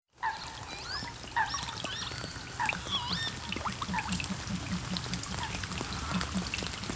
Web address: EXTREME SOUND 2. Lapwings (Vanellus Vanellus) and Rain